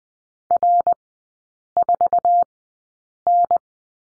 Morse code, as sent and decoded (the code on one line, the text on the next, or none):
.-. ....- -.
R4N